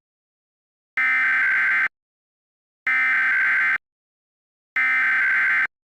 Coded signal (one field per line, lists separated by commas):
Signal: Emergency Alert System (SAME) tones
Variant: header bursts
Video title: EAS Test Of Color Crew On E/I Toons